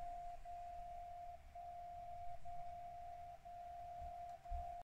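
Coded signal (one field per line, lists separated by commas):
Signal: radio time signal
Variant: DCF77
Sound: continuous mid-pitched tone briefly dropping each second, five dips in the clip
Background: low rumbling noise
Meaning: Each second's brief dip in the carrier codes one bit of the time and date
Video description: In this video, I'm receiving the time signal with Software Defined Radio from SDRPlay - RSP1A tuned to 77.5 kHz and a Tecsun MW Ferrite Antenna on the right side. (the annoying sound you hear in the background)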